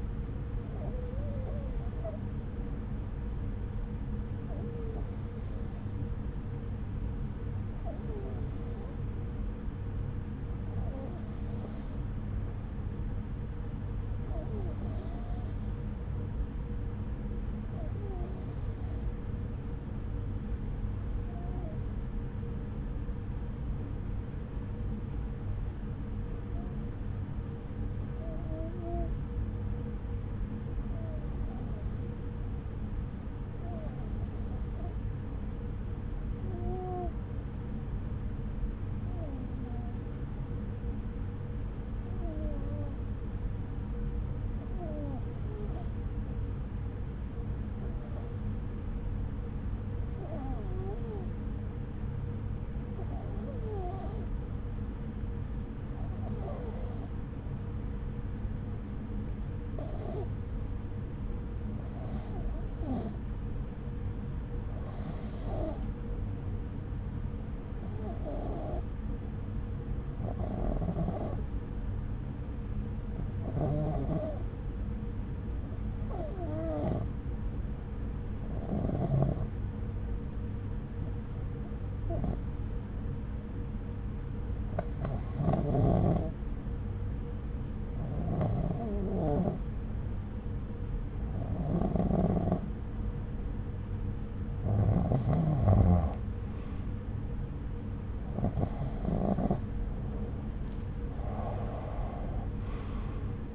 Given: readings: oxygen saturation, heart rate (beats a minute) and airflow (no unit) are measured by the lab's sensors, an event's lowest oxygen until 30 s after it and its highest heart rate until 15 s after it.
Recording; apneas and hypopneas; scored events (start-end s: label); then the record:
breathing in sleep by a smartphone at the bedside; 1
5.00-96.00 s: hypopnea (N2, oxygen 94% highest, then 88% lowest)
14.00-103.55 s: new sleep stage, REM sleep
From the record:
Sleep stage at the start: N2 (light sleep); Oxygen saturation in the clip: 89 to 94%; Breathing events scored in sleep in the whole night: 303 in 8.1 hours asleep